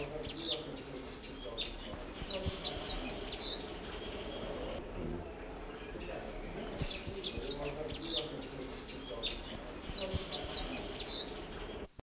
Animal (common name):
Straw-tailed Whydah